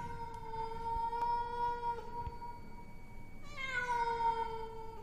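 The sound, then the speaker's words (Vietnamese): A black cat sitting on a coffin meows mournfully in two long, drawn-out wails, the first sustained for several seconds and the second rising sharply before sliding down, fairly loud with no one speaking. “Lần này cái xác không bật dậy, trái lại chỉ có con mèo đen, nó vẫn ngồi ở đấy, đôi mắt sáng rừng rực mà kêu lên ai oán.”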